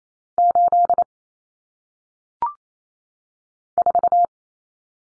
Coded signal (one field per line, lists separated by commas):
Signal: Morse code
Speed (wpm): 28 wpm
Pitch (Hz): 700 Hz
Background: none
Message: 8 4